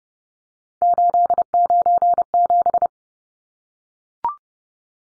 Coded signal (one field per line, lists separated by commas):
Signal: Morse code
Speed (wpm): 30 wpm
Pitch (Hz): 700 Hz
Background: none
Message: 897